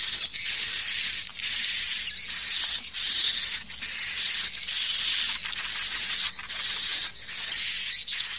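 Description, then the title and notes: Swiftlets calling in a continuous high, buzzy twittering chorus that swells and dips, with a steady thin high tone. Recorded in connection with swiftlet farming in Asia. "Swiflet Bird Sound. Farming Swiflet Bird asia sound"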